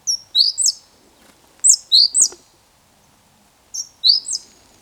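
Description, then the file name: Great tit calling, very high thin clipped notes in tight bursts of several, repeated roughly every one and a half to two seconds in a quiet background. "Parus major"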